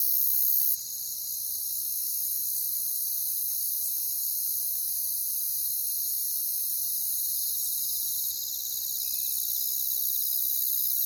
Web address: Nature Songs Nature Sounds Sounds of Nature Collection Crickets